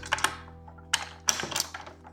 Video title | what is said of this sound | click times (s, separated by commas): How to Install a Heavy Duty Pocket Door Frame: Step by Step Tutorial with HD Pocket Doors | it just snaps right in. | 0.9 s, 1.3 s